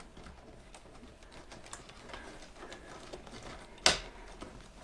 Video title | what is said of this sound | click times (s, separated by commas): #1 5.25" Floppy & Battle Isle | You heard it, it clicked, the plug is inside | 3.9 s